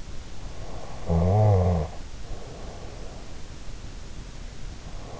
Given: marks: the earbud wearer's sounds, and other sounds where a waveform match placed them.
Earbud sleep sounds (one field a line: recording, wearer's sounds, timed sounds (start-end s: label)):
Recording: sounds in sleep by an in-ear microphone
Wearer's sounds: snoring breath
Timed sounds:
0.67-3.51 s: snoring breath